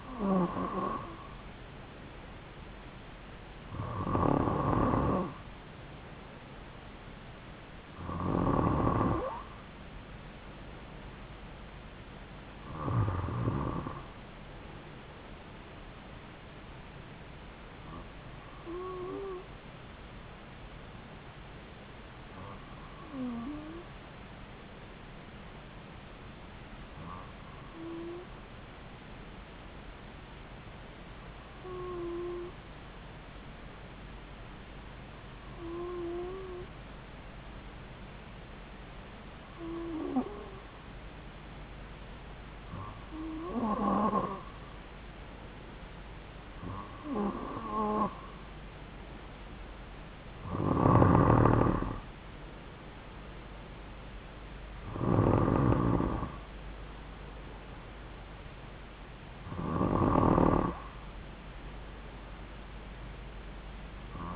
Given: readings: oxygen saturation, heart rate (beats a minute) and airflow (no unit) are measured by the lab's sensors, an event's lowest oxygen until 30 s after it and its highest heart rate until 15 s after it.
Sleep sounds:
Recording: breathing in sleep by a voice recorder at the bedside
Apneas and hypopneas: 1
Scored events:
28.00-47.50 s: hypopnea (N2, oxygen 95% highest, then 92% lowest)
From the record:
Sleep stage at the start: N2 (light sleep)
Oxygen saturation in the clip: 92 to 95%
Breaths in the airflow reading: 15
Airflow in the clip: -3.3 to 3.2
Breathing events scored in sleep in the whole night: 270 in 6.1 hours asleep

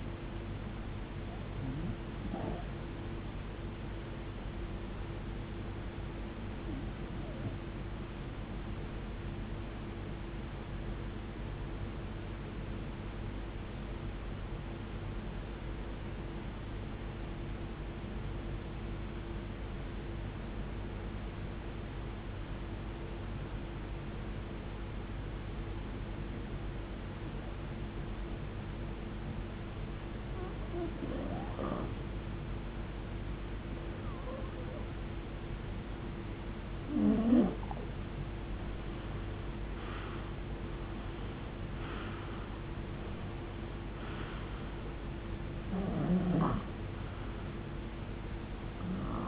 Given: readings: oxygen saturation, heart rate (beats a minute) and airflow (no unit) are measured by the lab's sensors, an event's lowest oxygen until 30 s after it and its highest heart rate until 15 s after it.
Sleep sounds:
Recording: breathing in sleep by a voice recorder at the bedside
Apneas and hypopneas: 1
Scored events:
14.00-37.60 s: hypopnea (REM, oxygen 92% highest, then 88% lowest, heart rate 66 at the start, 79 highest)
From the record:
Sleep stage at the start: REM sleep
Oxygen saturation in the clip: 88 to 93%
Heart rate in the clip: 56 to 79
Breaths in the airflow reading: 14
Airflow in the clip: -20.3 to 19.8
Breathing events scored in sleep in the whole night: 389 in 6.3 hours asleep

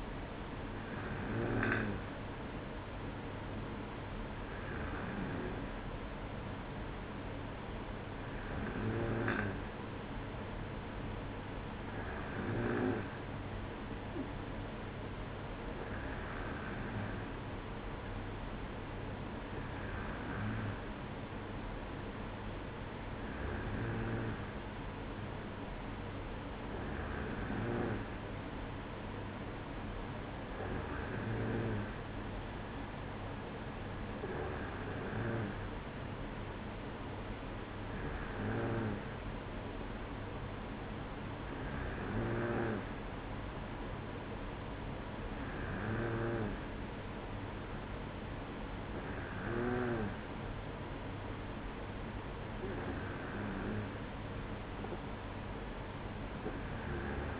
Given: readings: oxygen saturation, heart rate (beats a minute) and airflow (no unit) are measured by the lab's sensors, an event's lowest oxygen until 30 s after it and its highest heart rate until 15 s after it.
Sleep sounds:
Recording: breathing in sleep by a voice recorder at the bedside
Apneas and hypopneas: none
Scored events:
none scored
From the record:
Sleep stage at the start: N2 (light sleep)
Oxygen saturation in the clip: 94%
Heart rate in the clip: 55 to 57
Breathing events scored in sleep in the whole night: 305 in 9.6 hours asleep

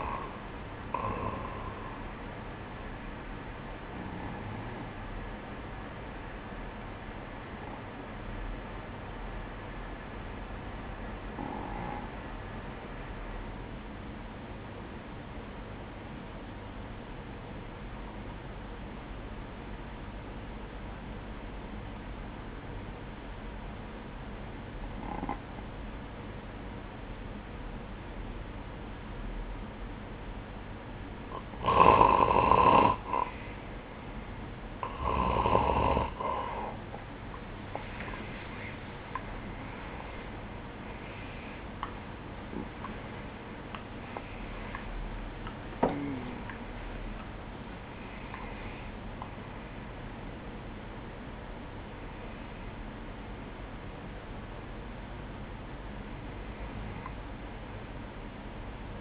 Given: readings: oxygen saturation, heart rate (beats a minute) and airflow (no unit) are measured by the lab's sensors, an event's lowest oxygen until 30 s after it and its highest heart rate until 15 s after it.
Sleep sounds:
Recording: breathing in sleep by a voice recorder at the bedside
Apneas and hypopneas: 1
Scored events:
5.00-31.70 s: obstructive apnea (N2, oxygen 97% highest, then 90% lowest, heart rate 57 at the start, 82 highest)
29.00-59.01 s: new sleep stage, N1 (lightest sleep)
From the record:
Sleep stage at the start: N2 (light sleep)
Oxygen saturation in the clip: 90 to 97%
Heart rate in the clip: 55 to 84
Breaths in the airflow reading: 10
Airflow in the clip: -14.2 to 13.1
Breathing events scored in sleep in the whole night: 180 in 6.7 hours asleep

